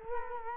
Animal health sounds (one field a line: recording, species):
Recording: mosquito wingbeat signal from an infrared sensor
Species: Culex quinquefasciatus